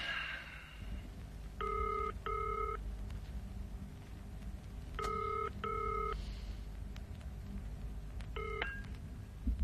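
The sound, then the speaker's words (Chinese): A series of telephone keypad tones as a number is dialed to call the police special investigation unit in the Wesley radio drama 'The Transparent Light', sounding in short clusters of two, two, then two quick beeps, separated by pauses over a low background hum. “咁啦，我都系通知警方，等警方处理杀手勃拉克，我就集中精神揾黄燕同埋燕芬嘅下落。例如咁啊，打个电话先。”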